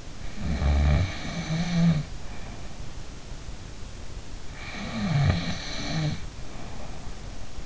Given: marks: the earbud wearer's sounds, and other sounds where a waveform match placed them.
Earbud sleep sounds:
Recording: sounds in sleep by an in-ear microphone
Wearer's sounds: snoring breath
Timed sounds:
0.27-2.08 s: snoring breath
4.63-7.66 s: snoring breath

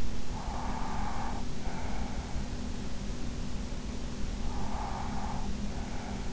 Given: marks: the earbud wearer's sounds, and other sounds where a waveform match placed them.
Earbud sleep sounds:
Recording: sounds in sleep by an in-ear microphone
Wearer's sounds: breath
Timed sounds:
0.34-2.40 s: breath
4.41-6.28 s: breath

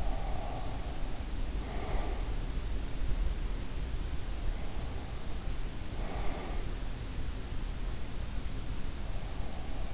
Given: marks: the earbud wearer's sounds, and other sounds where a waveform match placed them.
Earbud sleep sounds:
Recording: sounds in sleep by an in-ear microphone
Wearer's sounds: breath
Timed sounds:
0.00-2.25 s: breath
5.97-6.84 s: breath

